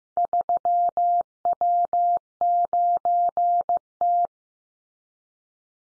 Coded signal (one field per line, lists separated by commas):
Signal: Morse code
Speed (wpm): 15 wpm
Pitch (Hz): 700 Hz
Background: none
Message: 3W9T